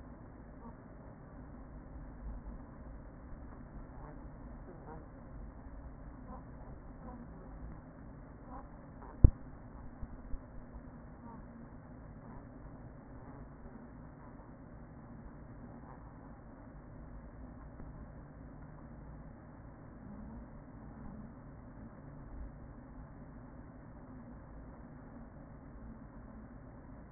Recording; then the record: honeybee colony, microphone inside the hive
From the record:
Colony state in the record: queen present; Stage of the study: after two queens were removed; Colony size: about 40,000 bees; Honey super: no